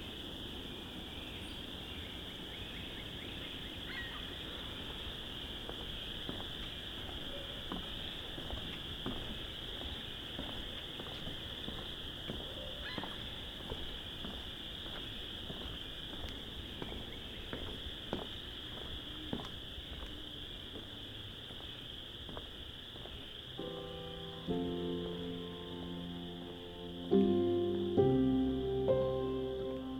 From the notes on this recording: dusk spring walk through the Vinemount Swamp